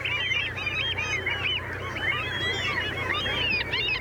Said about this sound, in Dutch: Ja, de Latijnse naam is Larus canus. Canus is van hond, dus. En ja, sommige roepen van die stormmeeuw lijken een beetje op keffende hondjes. Met een beetje fantasie.